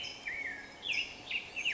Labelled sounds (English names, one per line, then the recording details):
Black-headed Grosbeak
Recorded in Sonoma County, California